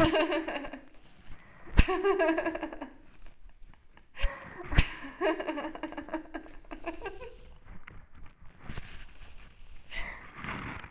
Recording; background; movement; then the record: laughter; quiet; sitting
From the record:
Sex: female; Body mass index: 18.3 kg/m2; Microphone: on the chest, facing the body